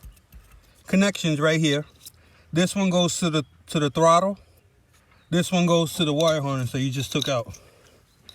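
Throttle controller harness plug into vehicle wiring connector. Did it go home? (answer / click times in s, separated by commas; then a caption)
no / none. A Pedal Commander throttle-controller harness plug is handled beside its plastic mating connector in the wiring of a 2018 Jeep Grand Cherokee while someone talks. Faint ticks are heard near the start, and a short sharp tick comes at about 8.3 s. Nothing has seated or clicked yet.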